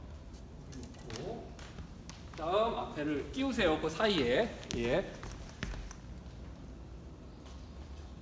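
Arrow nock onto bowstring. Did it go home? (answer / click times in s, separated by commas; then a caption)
yes / 5.6 s, 5.9 s. In an indoor archery class, students fit the plastic nock of an arrow onto the bowstring between the nocking points, possibly several at once, while someone talks. Sharp clicks are heard at 5.6 s and 5.9 s as the nock snaps onto the string and is seated.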